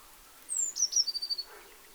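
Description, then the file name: Eurasian blue tit song: two or three very high thin notes followed by a quick, slightly lower, even trill, given once. "Cyanistes caeruleus"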